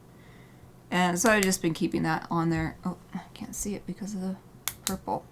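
Someone talks while handling a small plastic stopper cap and a marker pen, holding them over something white to press the cap onto the pen. Two short, sharp sounds come near the end of the clip, around 4.7 and 5.1 seconds. The cap has not yet seated or clicked on by the end of the clip.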